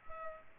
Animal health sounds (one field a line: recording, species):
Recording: mosquito wingbeat signal from an infrared sensor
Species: Culex pipiens